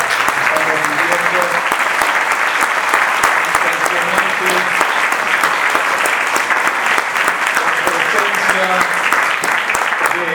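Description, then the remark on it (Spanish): A large audience at the 5th Assembly of the People's Health Movement applauds the assembly steadily for about ten seconds, a dense, unbroken wash of clapping with scattered voices and shouts rising faintly through it. “Y lo primero que vamos a pedir es un aplauso para esta hermosa asamblea.”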